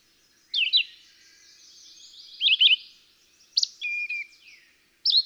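Red-eyed Vireo song: a few short, slurred, rising and falling phrases separated by longer gaps.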